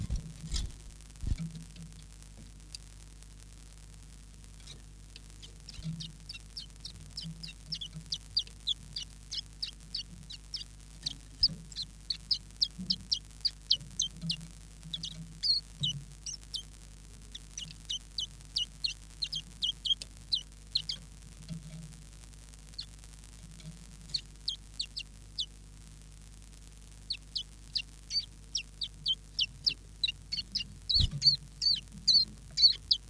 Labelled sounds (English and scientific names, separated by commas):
Common Chiffchaff (Phylloscopus collybita)